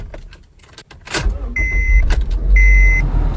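An SUV's engine rumbles low and grows louder as the vehicle moves, with two steady, high-pitched electronic beeps sounding over the deep drone.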